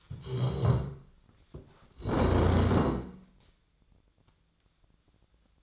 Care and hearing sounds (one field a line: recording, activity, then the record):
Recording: daily activity, microphone in the room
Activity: stand up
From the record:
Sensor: 3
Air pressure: 1012.2 hPa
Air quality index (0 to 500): 176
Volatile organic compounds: 3 ppm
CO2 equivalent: 1349 ppm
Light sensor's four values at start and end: 62/154/69/77 and 96/201/102/115